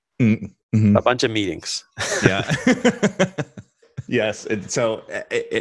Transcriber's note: laughing